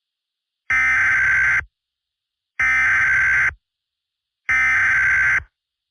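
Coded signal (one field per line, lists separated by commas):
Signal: Emergency Alert System (SAME) tones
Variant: header bursts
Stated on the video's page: Fictional EAS scenario.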